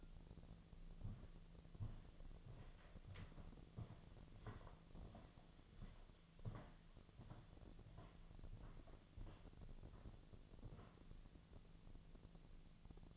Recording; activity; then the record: daily activity, microphone in the room; walk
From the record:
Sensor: 4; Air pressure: 1009.1 hPa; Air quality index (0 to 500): 168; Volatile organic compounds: 4 ppm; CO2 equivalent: 1687 ppm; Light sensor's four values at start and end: 24/75/29/28 and 24/76/29/28